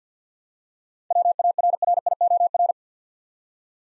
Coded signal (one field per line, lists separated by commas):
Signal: Morse code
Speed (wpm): 46 wpm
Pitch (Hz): 700 Hz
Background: none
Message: WARRIOR